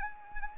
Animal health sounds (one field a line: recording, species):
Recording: mosquito wingbeat signal from an infrared sensor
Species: Anopheles arabiensis